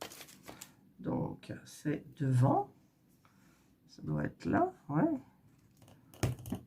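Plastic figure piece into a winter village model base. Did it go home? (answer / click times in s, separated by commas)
yes / 6.2 s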